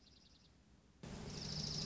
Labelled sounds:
Dark-eyed Junco (Junco hyemalis)
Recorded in Sonoma County, California

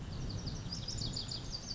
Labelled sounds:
Lazuli Bunting (Passerina amoena)
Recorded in Sonoma County, California

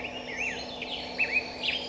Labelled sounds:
Black-headed Grosbeak (Pheucticus melanocephalus)
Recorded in Sonoma County, California

